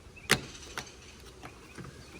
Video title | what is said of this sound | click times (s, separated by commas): Improving My Gladiator Form & Function | there you go that's the click and they do fit on there tightly you're not going to pull that off | 0.3 s